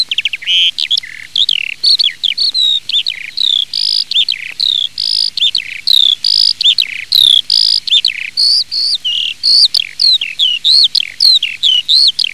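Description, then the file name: Eurasian skylark pouring out a long, continuous high warble of chirps, trills and whistles, ceaselessly varied in pitch and rhythm. "ALLODOLA"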